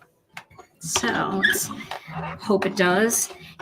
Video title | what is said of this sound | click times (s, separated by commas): Perfect Poinsettia Spray Wreath in Kraft and White | and when i feel it click into place i know it's going to cut in the right spot | 0.4 s